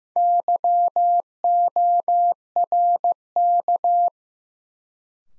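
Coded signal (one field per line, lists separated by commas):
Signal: Morse code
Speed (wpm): 15 wpm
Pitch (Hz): 700 Hz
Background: none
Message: YORK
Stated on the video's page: Morse new-word head-copy drill at 15 wpm; each word sent, spoken, then sent again.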